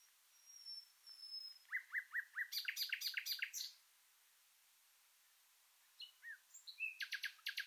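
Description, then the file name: Common nightingale song: soft thin whistles, then a run of rapid repeated chirps rising in intensity, a pause, and a second phrase of quick scattered notes. "Luscinia megarhynchos"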